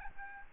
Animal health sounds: mosquito wingbeat signal from an infrared sensor; Aedes albopictus

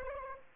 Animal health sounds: mosquito wingbeat signal from an infrared sensor; Anopheles arabiensis

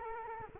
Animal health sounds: mosquito wingbeat signal from an infrared sensor; Culex quinquefasciatus

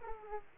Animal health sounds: mosquito wingbeat signal from an infrared sensor; Aedes aegypti

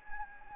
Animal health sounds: mosquito wingbeat signal from an infrared sensor; Anopheles gambiae

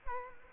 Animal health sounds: mosquito wingbeat signal from an infrared sensor; Culex quinquefasciatus

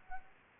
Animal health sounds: mosquito wingbeat signal from an infrared sensor; Aedes aegypti

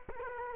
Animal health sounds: mosquito wingbeat signal from an infrared sensor; Culex quinquefasciatus

